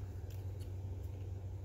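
A plastic body shell is centered and lowered over the top of an HO Athearn SW1500 locomotive chassis, ahead of being pushed home. Only soft handling noise over a steady low rumble is heard, with small taps near 0.3, 0.6 and 1.0 seconds. Nothing has seated or clicked yet.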